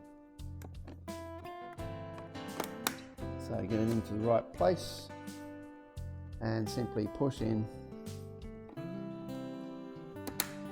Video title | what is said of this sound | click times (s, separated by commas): HJC i90 Helmet & Installing SMART HJC 10B Communications System | the visor locks into place. Really, really simple. | 10.4 s